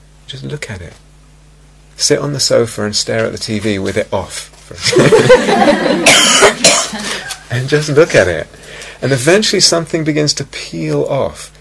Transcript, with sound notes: Just look at it. Sit on the sofa and stare at the TV with it off. [laughter] And just look at it. And eventually something begins to peel off.